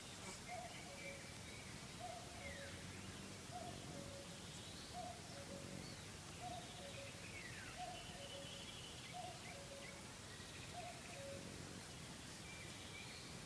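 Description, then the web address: Common cuckoo giving its two-note falling cu-coo call, repeated steadily over a hissing background with faint other birds. June 2013, Lithuania, Rügen. "Irfan 2013 06 HHLitauen Ruegen Sturmai Kuckuck"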